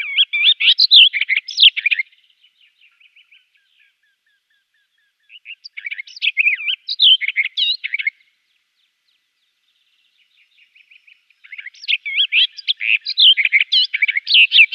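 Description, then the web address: Barred warbler song in three bursts of scratchy, chattering notes with rapid twangy phrases, separated by pauses of a few seconds filled with faint quiet ticking. "Schulze Peter Barred Warbler song"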